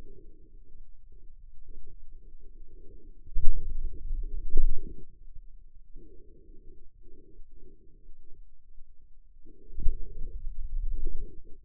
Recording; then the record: forearm muscle sounds (acoustic myography)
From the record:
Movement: finger pinch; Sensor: system 2, bracelet of six BSWA MPA416 microphones around the upper forearm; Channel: 5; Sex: male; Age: 22 years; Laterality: right